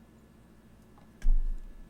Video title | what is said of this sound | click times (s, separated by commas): Baja Designs Squadron Fog Light Kit Install - 2016+ Tacoma | make sure everything's pushed in good everything clicks into place and | 1.2 s